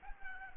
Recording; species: mosquito wingbeat signal from an infrared sensor; Culex pipiens